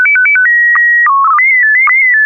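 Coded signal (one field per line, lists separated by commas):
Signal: SSTV (slow-scan television)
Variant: PD 120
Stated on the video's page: SSTV images exchanged on a weekly amateur net via an FM repeater on 441.300 MHz in Sacramento, sent with MMSSTV software.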